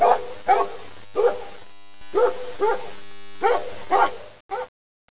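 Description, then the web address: Dog barking, gruff barks given mostly in quick pairs about a second apart, ending with a short final bark. "BBCMM 003. DOGBARK 3"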